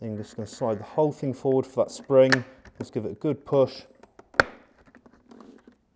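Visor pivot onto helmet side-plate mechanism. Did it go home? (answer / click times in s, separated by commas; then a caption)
yes / 4.4 s. Someone talks while sliding a Shoei Neotec 2/3 helmet visor and its side mount forward against the spring, then pushes it firmly onto the helmet side-plate mechanism. Light taps lead up to one sharp, loud click at 4.4 s, followed by a few quieter taps. The visor pivot locks into place on the side mechanism.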